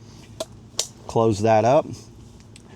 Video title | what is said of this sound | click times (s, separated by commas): OGERY Self Inflating Sleeping Pad (Review) | You just go down, locks into place, close | 0.4 s, 0.8 s